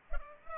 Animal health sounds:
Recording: mosquito wingbeat signal from an infrared sensor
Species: Culex pipiens

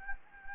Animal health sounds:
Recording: mosquito wingbeat signal from an infrared sensor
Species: Anopheles gambiae

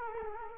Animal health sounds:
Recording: mosquito wingbeat signal from an infrared sensor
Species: Culex quinquefasciatus

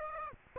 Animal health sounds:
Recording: mosquito wingbeat signal from an infrared sensor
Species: Aedes aegypti

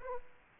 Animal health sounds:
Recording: mosquito wingbeat signal from an infrared sensor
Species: Aedes aegypti

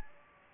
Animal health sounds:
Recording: mosquito wingbeat signal from an infrared sensor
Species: Anopheles gambiae

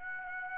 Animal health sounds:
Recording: mosquito wingbeat signal from an infrared sensor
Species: Aedes aegypti

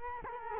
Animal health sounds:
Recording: mosquito wingbeat signal from an infrared sensor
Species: Culex quinquefasciatus

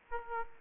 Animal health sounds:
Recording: mosquito wingbeat signal from an infrared sensor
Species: Aedes aegypti

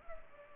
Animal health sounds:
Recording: mosquito wingbeat signal from an infrared sensor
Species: Culex pipiens

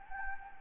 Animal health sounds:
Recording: mosquito wingbeat signal from an infrared sensor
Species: Anopheles gambiae

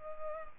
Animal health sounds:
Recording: mosquito wingbeat signal from an infrared sensor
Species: Culex pipiens

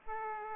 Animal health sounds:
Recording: mosquito wingbeat signal from an infrared sensor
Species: Aedes aegypti

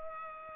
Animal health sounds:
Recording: mosquito wingbeat signal from an infrared sensor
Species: Culex pipiens

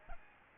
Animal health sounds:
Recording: mosquito wingbeat signal from an infrared sensor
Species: Aedes albopictus

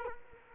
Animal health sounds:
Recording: mosquito wingbeat signal from an infrared sensor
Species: Culex quinquefasciatus

